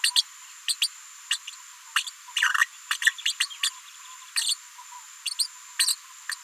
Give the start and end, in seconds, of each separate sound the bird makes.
0.03-0.11, 0.15-0.22, 0.67-0.76, 0.81-0.89, 1.30-1.39, 2.35-2.68, 2.90-2.97, 3.01-3.11, 3.18-3.22, 3.25-3.33, 3.40-3.47, 3.62-3.70, 4.35-4.56, 5.25-5.34, 5.38-5.47, 5.79-5.96, 6.29-6.36